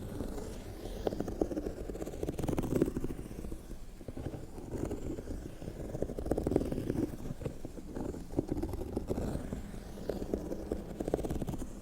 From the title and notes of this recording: Scratches on ASMR leather and metallic textured leather bags (no talking).